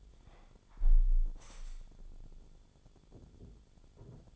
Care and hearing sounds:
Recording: daily activity, microphone in the room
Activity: close window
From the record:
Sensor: 5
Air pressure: 1015.0 hPa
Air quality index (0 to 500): 98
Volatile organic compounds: 2 ppm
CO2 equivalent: 1042 ppm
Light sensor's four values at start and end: 35/80/32/31 and 35/80/32/31

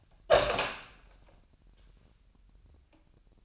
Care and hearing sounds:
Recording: daily activity, microphone in the room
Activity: open door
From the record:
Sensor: 2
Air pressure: 998.3 hPa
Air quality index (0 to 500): 140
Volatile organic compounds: 4 ppm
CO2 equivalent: 1590 ppm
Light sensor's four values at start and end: 12/34/14/13 and 12/34/14/13

